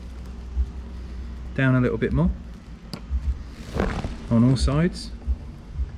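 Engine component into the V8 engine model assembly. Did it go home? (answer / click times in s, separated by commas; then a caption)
no / none. Someone talks while a part of a Lotus V8 engine model build is pressed down evenly on all sides over a low, steady rumble. Nothing has seated or clicked into place yet.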